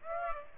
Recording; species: mosquito wingbeat signal from an infrared sensor; Aedes aegypti